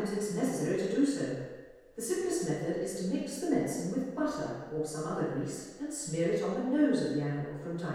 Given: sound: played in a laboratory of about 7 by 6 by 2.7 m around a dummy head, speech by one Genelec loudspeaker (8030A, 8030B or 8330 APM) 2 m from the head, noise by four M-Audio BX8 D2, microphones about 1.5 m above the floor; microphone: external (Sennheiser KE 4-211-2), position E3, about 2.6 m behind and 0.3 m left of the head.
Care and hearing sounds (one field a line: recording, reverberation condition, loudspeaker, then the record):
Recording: female speech in English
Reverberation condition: high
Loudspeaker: in front (0 degrees)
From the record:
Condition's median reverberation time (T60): about 1300 ms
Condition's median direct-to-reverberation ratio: about -4.0 dB